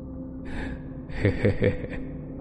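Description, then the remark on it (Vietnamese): A long, drawn-out yawn from a man stretching both arms upward: a breathy inhale rising into a voiced, wavering exhale that pulses a few times before trailing off. No talking. “Hắn vươn hai tay lên trời, ngáp dài một cái.”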